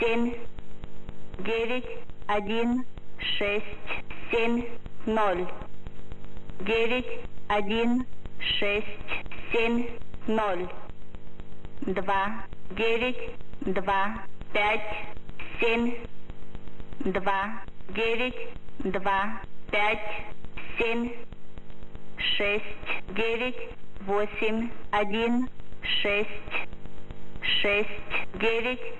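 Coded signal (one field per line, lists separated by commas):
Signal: numbers station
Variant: S06s, Russian female voice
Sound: female voice reading Russian digits in evenly spaced groups, with faint hum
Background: radio static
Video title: [S06s] Scheduled message; 26. June 2020, 8:30 UTC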